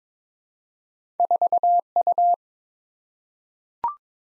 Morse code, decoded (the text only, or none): 4U